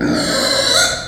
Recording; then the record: squeal of a Yucatan mini pig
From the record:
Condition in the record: before surgery on the right vocal fold (resection and tissue-engineered implant); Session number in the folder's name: 3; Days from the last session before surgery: 0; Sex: female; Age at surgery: 19 weeks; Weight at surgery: 25 kg